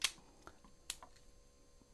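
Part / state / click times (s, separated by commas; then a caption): weapon light quick-detach mount onto firearm rail / seated / 0.9 s. The push-pull quick-detach mount of an OLIGHT Odin weapon light is pushed onto a firearm rail. A sharp snap at 0.0 s and a few faint taps come before a loud, crisp click at 0.9 s as the mount locks onto the rail, followed by softer ticks. The mount is seated and locked.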